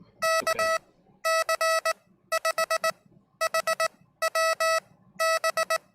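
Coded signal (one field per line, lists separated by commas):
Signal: Morse code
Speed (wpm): 19 wpm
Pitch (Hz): 1300 Hz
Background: none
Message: KC5HWB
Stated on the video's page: Livestreamed CW practice between amateur operators, one still learning Morse.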